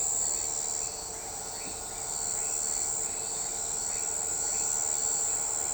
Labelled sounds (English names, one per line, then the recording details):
none
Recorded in shrubland near Pivijay, Magdalena, Colombia, on 13 April 2023 at 01:00
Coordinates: 10.453, -74.365
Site P5-G022